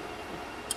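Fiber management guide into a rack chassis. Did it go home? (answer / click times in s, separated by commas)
yes / 0.7 s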